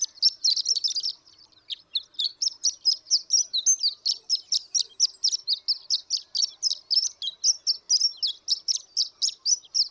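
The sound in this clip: Horned lark song opening with a brief jumbled flourish, a short pause, then a steady rapid series of high, tinkling notes continuing to the end.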